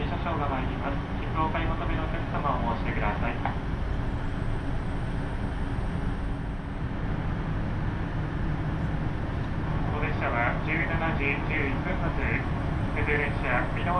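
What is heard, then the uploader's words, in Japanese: A KiHa 75 diesel railcar on the Takayama Main Line between Gifu and Mino-Ota, with a steady, dense low rumble running unbroken through the whole clip. Voices come through over the engine noise near the start and again from about ten seconds on. 高山本線 岐阜→美濃太田（キハ75）。車両はキハ75系で快速みえ号にも使われています。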